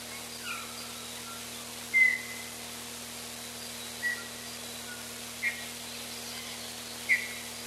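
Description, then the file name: Baikal bullfinch giving soft whistled notes, some level and some falling, spaced irregularly with four clearer ones, over a faint background hum. Recorded 16 June 1991. "Pcineracea 16 06 91"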